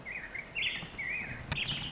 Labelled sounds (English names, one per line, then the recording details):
Black-headed Grosbeak
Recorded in Sonoma County, California